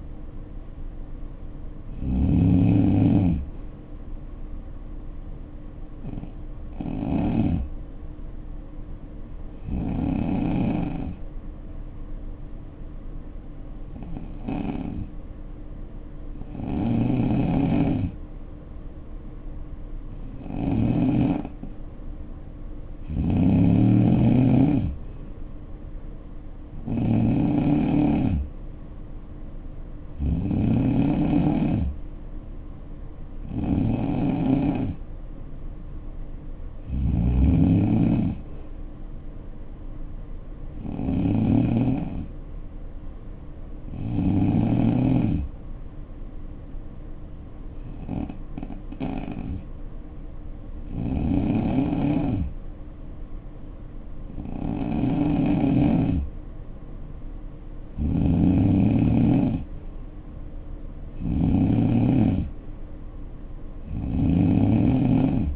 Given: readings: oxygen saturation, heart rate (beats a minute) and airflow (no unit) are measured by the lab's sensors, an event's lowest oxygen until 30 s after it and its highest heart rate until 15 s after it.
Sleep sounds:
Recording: breathing in sleep by a smartphone at the bedside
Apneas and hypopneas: 2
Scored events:
6.00-21.10 s: hypopnea (N3, oxygen 93% highest, then 87% lowest, heart rate 60 at the start, 64 highest)
48.00-61.30 s: hypopnea (N3, oxygen 92% highest, then 86% lowest, heart rate 60 at the start, 66 highest)
From the record:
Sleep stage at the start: N3 (deep sleep)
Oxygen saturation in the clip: 87 to 93%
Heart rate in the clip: 58 to 64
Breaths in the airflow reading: 18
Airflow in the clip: -6.6 to 4.9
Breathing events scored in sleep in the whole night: 520 in 7.2 hours asleep

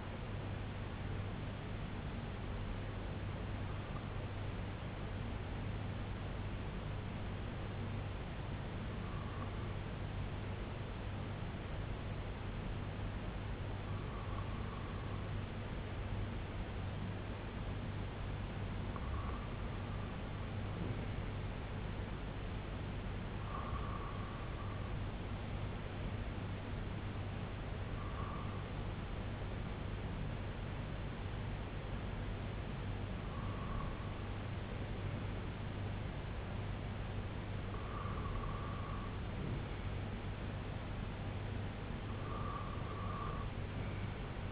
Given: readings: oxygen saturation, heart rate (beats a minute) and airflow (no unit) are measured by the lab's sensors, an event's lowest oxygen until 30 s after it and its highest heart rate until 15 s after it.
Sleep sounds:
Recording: breathing in sleep by a voice recorder at the bedside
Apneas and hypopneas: 1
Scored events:
6.00-21.40 s: hypopnea (N1, oxygen 97% highest, then 92% lowest, heart rate 84 at the start, 84 highest)
From the record:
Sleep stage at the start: N1 (lightest sleep)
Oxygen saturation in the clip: 92 to 97%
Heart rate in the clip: 63 to 95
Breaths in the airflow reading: 9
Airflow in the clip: -8.3 to 4.6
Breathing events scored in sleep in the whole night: 258 in 7.4 hours asleep

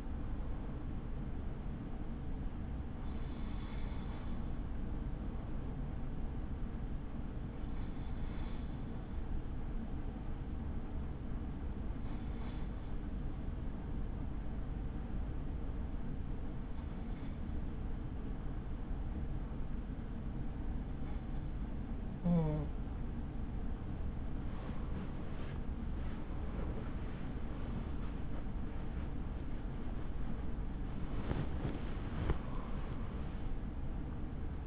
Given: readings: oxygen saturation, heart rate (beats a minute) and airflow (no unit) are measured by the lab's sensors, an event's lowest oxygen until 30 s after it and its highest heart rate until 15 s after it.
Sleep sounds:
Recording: breathing in sleep by a smartphone at the bedside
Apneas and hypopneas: 1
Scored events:
4.00-29.80 s: hypopnea (N2, oxygen 96% highest, then 95% lowest, heart rate 35 at the start, 78 highest)
33.00-34.67 s: new sleep stage, N1 (lightest sleep)
From the record:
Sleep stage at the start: N2 (light sleep)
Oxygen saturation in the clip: 94 to 96%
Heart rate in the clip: 35 to 78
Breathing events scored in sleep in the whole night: 83 in 6.1 hours asleep

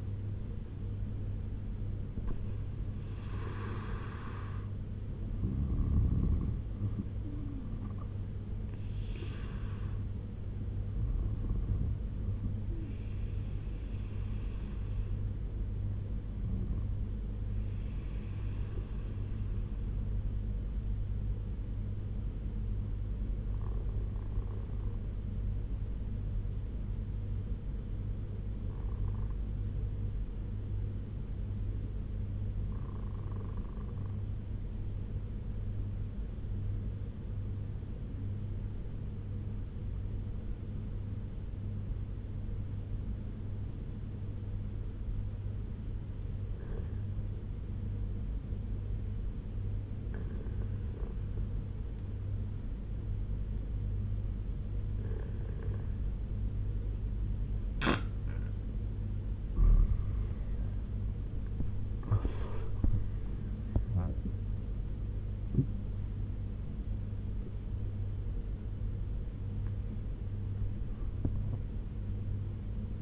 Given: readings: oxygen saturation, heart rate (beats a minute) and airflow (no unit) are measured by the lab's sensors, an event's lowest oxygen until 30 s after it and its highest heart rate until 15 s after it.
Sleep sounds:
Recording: breathing in sleep by a smartphone at the bedside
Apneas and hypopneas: 1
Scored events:
20.00-60.50 s: obstructive apnea (N2, oxygen 96% highest, then 85% lowest, heart rate 72 at the start, 88 highest)
52.00-73.02 s: new sleep stage, N1 (lightest sleep)
From the record:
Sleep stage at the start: N2 (light sleep)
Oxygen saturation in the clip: 86 to 96%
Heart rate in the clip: 71 to 88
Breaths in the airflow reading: 6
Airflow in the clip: -8.0 to 12.4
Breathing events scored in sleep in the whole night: 201 in 6.5 hours asleep

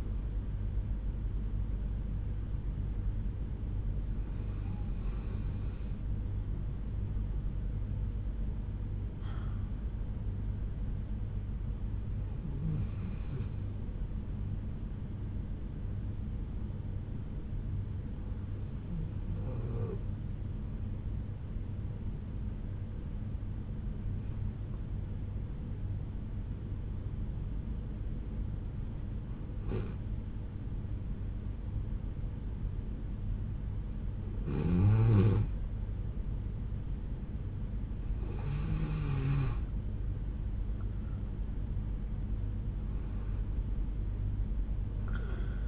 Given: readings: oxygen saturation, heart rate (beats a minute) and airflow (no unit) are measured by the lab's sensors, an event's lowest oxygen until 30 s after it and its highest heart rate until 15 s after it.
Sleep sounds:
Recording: breathing in sleep by a smartphone at the bedside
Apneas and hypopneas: 1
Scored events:
13.00-34.10 s: hypopnea (N2, oxygen 96% highest, then 88% lowest, heart rate 61 at the start, 75 highest)
28.00-45.68 s: new sleep stage, N1 (lightest sleep)
From the record:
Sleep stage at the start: N2 (light sleep)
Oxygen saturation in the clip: 90 to 96%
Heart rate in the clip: 61 to 80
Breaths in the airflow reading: 8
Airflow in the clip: -8.6 to 7.4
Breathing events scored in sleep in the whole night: 368 in 8.0 hours asleep

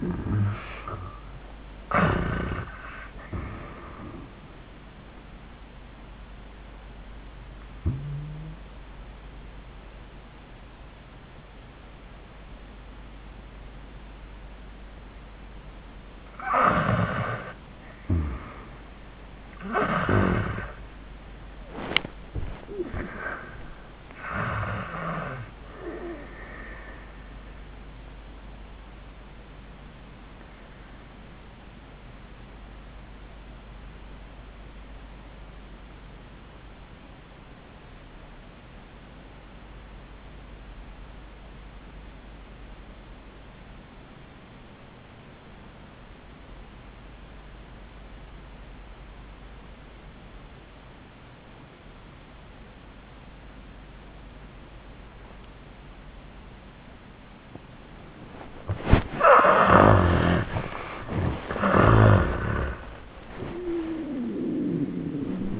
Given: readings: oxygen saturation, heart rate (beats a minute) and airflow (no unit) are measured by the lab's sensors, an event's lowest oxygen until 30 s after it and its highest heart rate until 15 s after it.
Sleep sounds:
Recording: breathing in sleep by a voice recorder at the bedside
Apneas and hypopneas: 2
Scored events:
7.00-18.50 s: obstructive apnea (N1, oxygen 71% highest, then 71% lowest, heart rate 97 at the start, 107 highest)
12.00-65.60 s: new sleep stage, REM sleep
27.00-61.00 s: obstructive apnea (REM, oxygen 97% highest, then 66% lowest, heart rate 104 at the start, 105 highest)
From the record:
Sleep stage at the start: N1 (lightest sleep)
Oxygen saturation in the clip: 60 to 97%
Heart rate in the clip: 73 to 107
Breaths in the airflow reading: 3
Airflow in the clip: -36.0 to 14.2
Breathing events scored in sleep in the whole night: 400 in 8.7 hours asleep

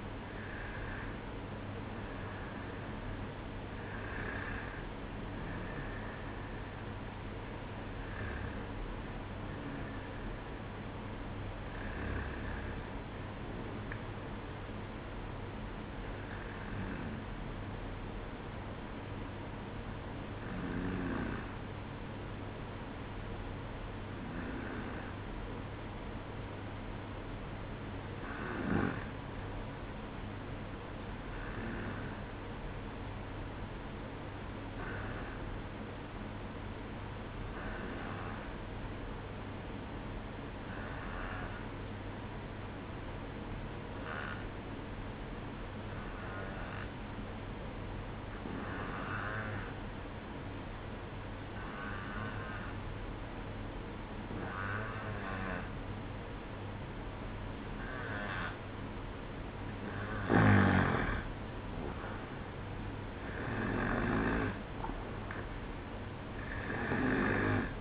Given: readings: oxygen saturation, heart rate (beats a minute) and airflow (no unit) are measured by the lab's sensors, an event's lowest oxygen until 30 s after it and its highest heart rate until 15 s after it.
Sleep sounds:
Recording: breathing in sleep by a voice recorder at the bedside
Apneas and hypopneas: 1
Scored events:
29.00-59.20 s: hypopnea (N1, oxygen 96% highest, then 91% lowest, heart rate 63 at the start, 68 highest)
From the record:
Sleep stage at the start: N1 (lightest sleep)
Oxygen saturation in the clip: 91 to 96%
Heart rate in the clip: 61 to 68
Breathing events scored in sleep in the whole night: 305 in 9.6 hours asleep

